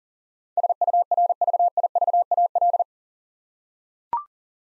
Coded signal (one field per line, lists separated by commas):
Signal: Morse code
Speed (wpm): 43 wpm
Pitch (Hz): 700 Hz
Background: none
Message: SURVIVAL